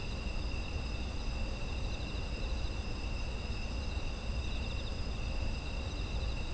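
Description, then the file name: Insects trilling steadily in several high bands, some softly pulsing, while a low rumble runs underneath. Autumn insect ambience. "秋の虫の環境音"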